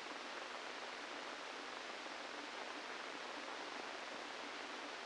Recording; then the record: brain microelectrode recording played as sound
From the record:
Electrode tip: inside the subthalamic nucleus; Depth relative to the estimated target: -1 mm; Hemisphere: left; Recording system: NeuroSet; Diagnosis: Parkinson's disease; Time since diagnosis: 17 years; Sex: male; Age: 64 years